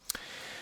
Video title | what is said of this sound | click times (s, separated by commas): Pagani Design PD-1727 V2 (Daytona Homage) 4K Watch Review | nice positive click nice positive secondary click to the flip lock so well executed throughout | 0.1 s, 0.2 s